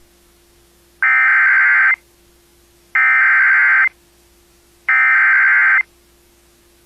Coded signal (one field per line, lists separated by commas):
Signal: Emergency Alert System (SAME) tones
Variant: header bursts